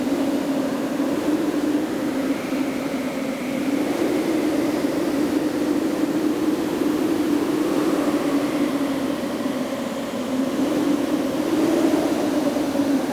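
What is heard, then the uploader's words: A desert sandstorm blows in a constant, dense roar of wind with a strong low hum that swells and eases slowly. Faint whistling tones drift up and down above it around the third second and again near the end, while the overall loudness stays steady. Windy Desert Sandstorm.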